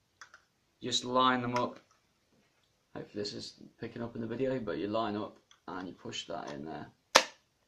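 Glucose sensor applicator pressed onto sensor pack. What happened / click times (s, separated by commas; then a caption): The plastic applicator clicked onto its pack / 7.2 s. Someone talks while lining up a plastic glucose sensor applicator with the sensor pack and pushing it in. A single sharp, loud click is heard at 7.2 seconds as the applicator seats onto the sensor pack, leaving it ready to go.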